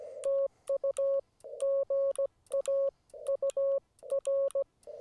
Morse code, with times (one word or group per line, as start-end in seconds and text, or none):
0.2-1.2 TU
1.6-2.9 GA
3.3-4.6 UR